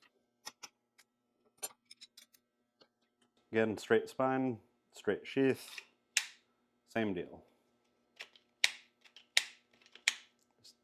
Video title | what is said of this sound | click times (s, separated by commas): STONER CNC SPYDERCO MULE TEAM GRIPS AND KYDEX | Solid click in, solid click out. | 8.6 s, 9.4 s, 10.1 s